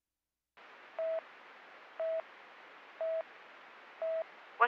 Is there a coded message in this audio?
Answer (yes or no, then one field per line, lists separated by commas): no